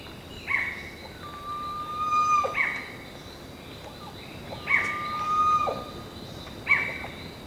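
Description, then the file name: Bird calls: sharp high notes roughly every two seconds, alternating with long, steady, flat whistles held about a second, over a constant high hum. "SABIOD 50 bird 2015"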